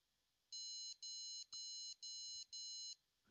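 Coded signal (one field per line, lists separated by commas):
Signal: beep code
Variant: AMI BIOS, ASRock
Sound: five evenly spaced shrill electronic beeps, each about 0.4 seconds, from a small speaker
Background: small room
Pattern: 5 short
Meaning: Five beeps signal a hardware fault at startup, here suspected PCIe slot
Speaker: and again five beeps which probably means there's something with our PCI slot not right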